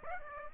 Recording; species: mosquito wingbeat signal from an infrared sensor; Aedes aegypti